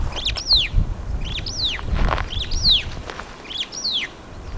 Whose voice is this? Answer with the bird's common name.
Superb Starling